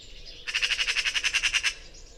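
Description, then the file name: Eurasian magpie giving a harsh rattling chatter, about a dozen rapid grating notes in just over a second, then quiet background. "Pica pica"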